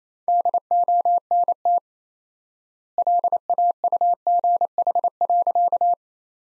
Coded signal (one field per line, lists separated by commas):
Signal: Morse code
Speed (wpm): 28 wpm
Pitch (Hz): 700 Hz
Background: none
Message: DONT LAUGH.